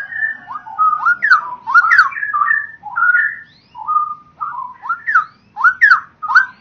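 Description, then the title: Oriental magpie-robin song: clear, varied whistled notes, many sharply rising or falling, in short separated phrases over a quiet background. "Kicau Kacer"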